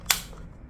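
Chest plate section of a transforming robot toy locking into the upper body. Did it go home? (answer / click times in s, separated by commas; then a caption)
yes / 0.1 s. A plastic chest plate section of a transforming robot toy is pushed all the way up into the upper body until it locks. A single sharp snap sounds at 0.1 s, followed by a quiet tail, and the part is seated and held firmly in place.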